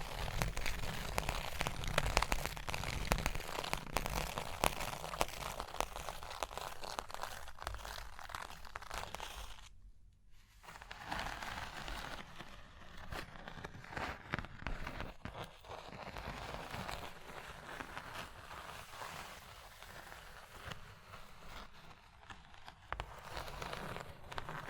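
Tapping, scratching and tracing on a surface, a dense, busy texture of quick crackly strokes and small taps that runs almost without pause. The sound is bright and rustling, fuller in the first half, with a brief near-silent gap around ten seconds before the scratching resumes more softly.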